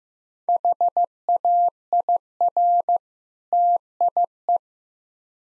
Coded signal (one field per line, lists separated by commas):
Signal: Morse code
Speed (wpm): 15 wpm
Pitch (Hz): 700 Hz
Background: none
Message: HAIR TIE